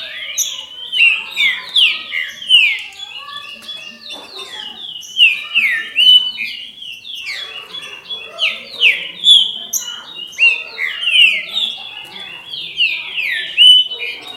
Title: Trinca Ferro